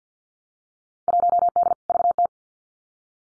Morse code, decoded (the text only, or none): 1D VT